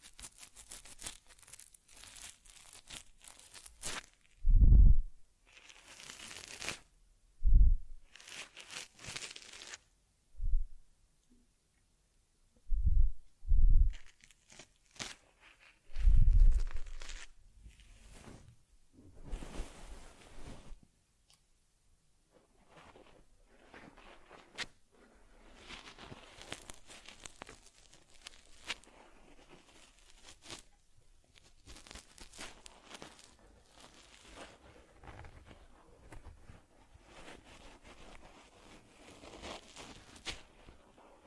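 Ear cleaning on a teddy bear, with sharp scratchy rustles and crinkling bursts. For the first twenty seconds, loud thumping strokes come in irregular clusters about every two to three seconds; afterward the sound settles into softer, continuous fine scratching and rubbing.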